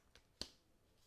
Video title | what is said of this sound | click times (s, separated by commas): 🔴 Sweet Candy Canes Card Class Glitter PIT | can you hear that snap bend and snap | 0.4 s